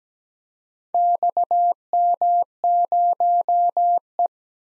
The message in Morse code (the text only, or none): XM0E